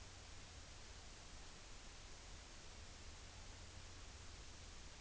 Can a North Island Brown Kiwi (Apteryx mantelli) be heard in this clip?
no